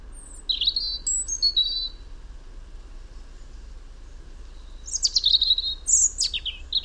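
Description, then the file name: European robin song: a warbled run of high tinkling notes at the start, then silence, then another lively phrase of sweet, sharp notes and trills. "Erithacus rubecula"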